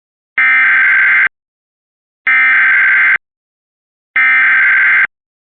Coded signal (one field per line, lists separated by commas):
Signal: Emergency Alert System (SAME) tones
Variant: header bursts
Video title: (WXrchive) EAS Required Monthly Test for Indiana - 1/23/26